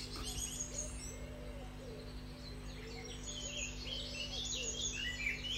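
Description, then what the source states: Common cuckoo calling, soft low hooting notes repeated several times, under a busy chorus of high twittering songbirds. Heard again during a dawn chorus walk on an early May morning in the UK, deeper into a local nature reserve, among many other singing birds.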